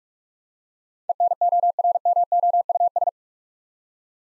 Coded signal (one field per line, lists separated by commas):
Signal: Morse code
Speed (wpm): 44 wpm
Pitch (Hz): 700 Hz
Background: none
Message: ENORMOUS